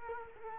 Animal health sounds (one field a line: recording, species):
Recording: mosquito wingbeat signal from an infrared sensor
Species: Culex quinquefasciatus